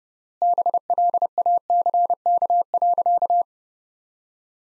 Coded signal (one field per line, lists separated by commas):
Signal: Morse code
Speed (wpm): 30 wpm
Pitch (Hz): 700 Hz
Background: none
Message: BLACK.